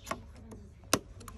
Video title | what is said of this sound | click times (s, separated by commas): Démontage mécanisme leves vitre golf 5 | il faut que vous entendez le petit clip ça claque donc | 0.9 s